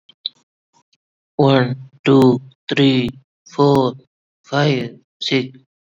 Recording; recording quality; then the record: counting at a normal pace; poor, much background noise or distortion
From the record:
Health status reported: COVID-19 positive, mild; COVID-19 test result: positive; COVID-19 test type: RT-PCR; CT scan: not taken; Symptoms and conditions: cold, fever, muscle pain, diabetes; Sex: male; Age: 32 years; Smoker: no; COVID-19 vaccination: one dose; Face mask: not worn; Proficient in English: yes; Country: India